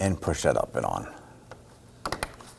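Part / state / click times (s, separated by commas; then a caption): wiring connector onto active grille shutter assembly / seated / 2.1 s. Someone talks as the electrical connector for the active grille shutter on a 2015-2024 Nissan Murano is lined up and pushed up onto its mating part on the plastic shutter assembly. A sharp snap at 2.1 s marks the connector seating into place, followed by a few lighter clicks.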